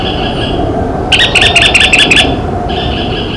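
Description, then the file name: White-eyed Foliage-gleaner calling, a fast burst of sharp repeated notes lasting about a second between softer tonal notes, over steady low rumbling background noise. Recorded in Cantareira State Park, São Paulo, Brazil, on 22 August 1997. "Automolus-leucophthalmus-Cantareira SPark-SP-Brazil"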